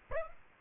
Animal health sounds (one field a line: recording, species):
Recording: mosquito wingbeat signal from an infrared sensor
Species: Aedes aegypti